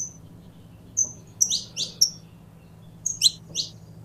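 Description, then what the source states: Belgian canary producing two thin whistles, then tight bunches of high chirps and whistles separated by a short pause, over a quiet low-pitched hum. Pure-bred; song.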